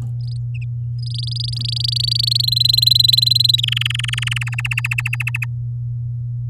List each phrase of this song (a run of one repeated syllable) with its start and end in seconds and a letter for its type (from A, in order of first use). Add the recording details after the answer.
0.20-0.37 A, 0.98-2.42 A, 2.43-3.60 B, 3.63-4.44 C, 4.46-5.45 D. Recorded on 10 May 2018 at 11:45. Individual llb16